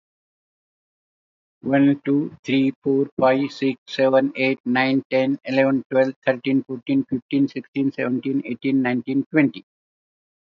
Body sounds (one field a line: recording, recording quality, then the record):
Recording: counting at a fast pace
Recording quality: excellent, no background noise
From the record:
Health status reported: healthy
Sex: male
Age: 79 years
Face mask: not worn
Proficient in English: yes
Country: India